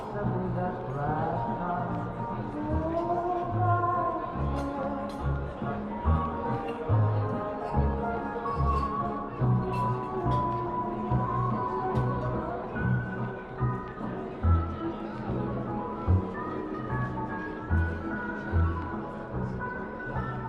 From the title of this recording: Oldie music playing in a coffee shop (light talking)